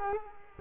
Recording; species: mosquito wingbeat signal from an infrared sensor; Culex quinquefasciatus